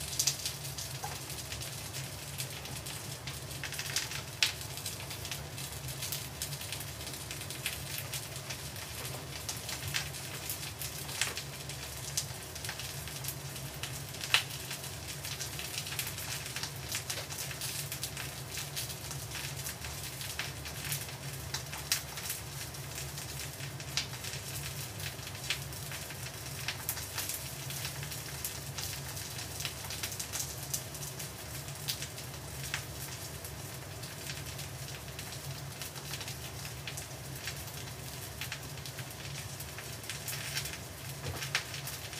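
A pot simmers steadily, giving a dense, fine crackle and popping like light rain that runs without a break for the whole length. A low, even hum sits underneath, and sharper clicks and ticks stand out every few seconds at irregular times.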